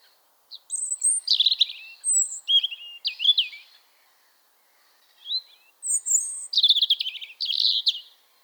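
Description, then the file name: European robin song in two bursts of high whistles and buzzy trills, separated by a short quiet pause. "Erithacus rubecula"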